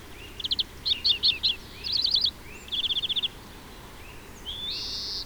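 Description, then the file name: European greenfinch twittering in rapid trilled bursts, ending with a softer long wheezing note. "Chloris chloris"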